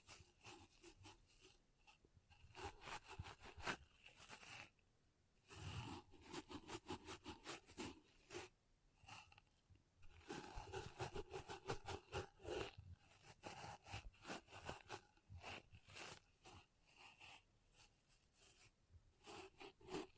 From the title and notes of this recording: ASMR Ultimate Pom Pom Tingles (No Talking).